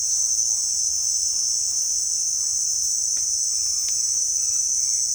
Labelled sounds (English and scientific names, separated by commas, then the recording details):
Red-bellied Macaw (Orthopsittaca manilatus)
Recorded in dense forest near Puerto Asís, Putumayo, Colombia, on 20 February 2024 at 18:00
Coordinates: 0.496, -76.326
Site G6383